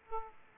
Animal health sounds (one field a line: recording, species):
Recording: mosquito wingbeat signal from an infrared sensor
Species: Aedes aegypti